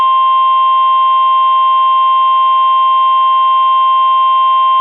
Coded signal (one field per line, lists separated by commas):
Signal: Emergency Alert System (SAME) tones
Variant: 1050 Hz attention tone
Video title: Early Morning Severe Thunderstorm Warning on WXJ41 Hartford, CT (9/22/22) (EAS #44)